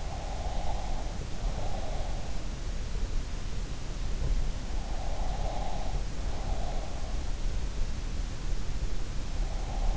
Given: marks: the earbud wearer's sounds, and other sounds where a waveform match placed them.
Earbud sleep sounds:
sounds in sleep by an in-ear microphone; breath
0.00-2.29 s: breath
4.97-7.04 s: breath

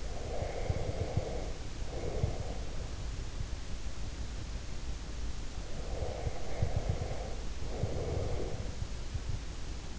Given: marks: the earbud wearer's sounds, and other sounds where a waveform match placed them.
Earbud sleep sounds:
sounds in sleep by an in-ear microphone; breath
0.00-2.95 s: breath
5.65-8.85 s: breath

